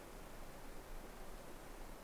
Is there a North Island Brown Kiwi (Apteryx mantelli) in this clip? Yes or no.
no